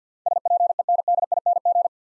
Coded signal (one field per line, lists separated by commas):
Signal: Morse code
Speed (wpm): 48 wpm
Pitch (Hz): 700 Hz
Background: none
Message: SPENDING